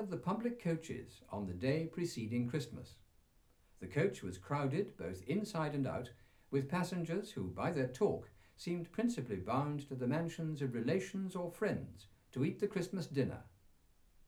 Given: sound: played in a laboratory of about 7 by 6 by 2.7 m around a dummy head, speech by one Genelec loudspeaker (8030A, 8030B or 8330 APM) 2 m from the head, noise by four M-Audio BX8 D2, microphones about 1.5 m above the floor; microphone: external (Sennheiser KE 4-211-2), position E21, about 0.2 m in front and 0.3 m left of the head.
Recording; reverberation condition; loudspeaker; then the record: male speech in English; low; 60 degrees to the right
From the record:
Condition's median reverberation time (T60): about 310 ms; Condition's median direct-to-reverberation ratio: about 3.5 dB